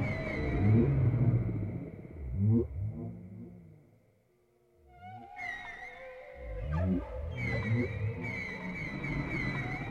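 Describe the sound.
Whale song: low throbbing pulses and grunts, then a pause, followed by high whistles and rising squeals over continuing deep pulsed moans.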